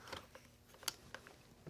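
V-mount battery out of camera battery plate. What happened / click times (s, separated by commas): The battery latch released / 0.9 s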